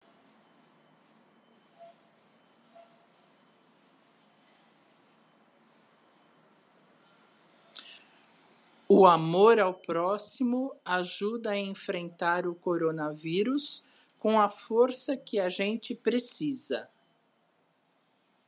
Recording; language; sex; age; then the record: spoken sentence; Brazilian Portuguese; female; 50 to 59 years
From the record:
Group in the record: control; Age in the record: 58 years